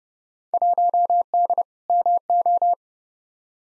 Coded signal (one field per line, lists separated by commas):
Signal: Morse code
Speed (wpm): 32 wpm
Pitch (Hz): 700 Hz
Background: none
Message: 1D MO